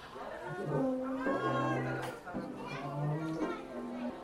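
Two pugs, Lola and Sadie, snoring while snuggled up together underneath their owner's table.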